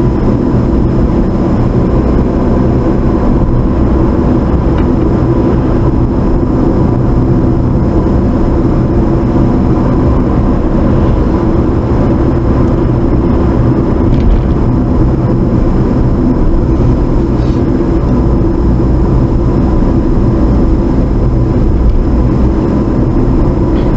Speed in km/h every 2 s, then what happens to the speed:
50, 53, 53, 50, 53, 55, 52, 48, 45, 45, 45, 47.
0-10 steady at about 53. 10-16 slows to 45. 16-24 steady at about 45.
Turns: none.